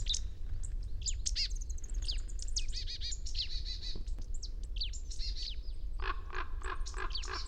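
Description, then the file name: Marsh tit calling busily with sharp high chips and quick slurred notes, ending in a rapid series of nasal buzzy notes, with constant low background rumble. "Poecile palustris"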